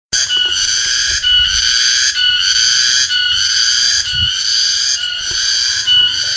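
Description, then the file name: Cicada droning in a continuous shrill buzz, dipping at intervals of about a second, over faint low background noise. "tonggeret"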